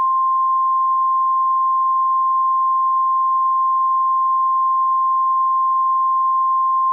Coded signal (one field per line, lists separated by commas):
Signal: Emergency Alert System (SAME) tones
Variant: 1050 Hz attention tone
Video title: EAS Scenario - The Wolves